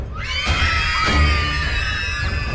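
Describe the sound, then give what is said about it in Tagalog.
Children at an orphanage where a fire has broken out scream together in a loud, shrill, continuous chorus, several high voices overlapping and wavering in pitch for a couple of seconds, with no words spoken. “At sa gitna ng gulo, narinig namin ang sigawan sa ampunan.”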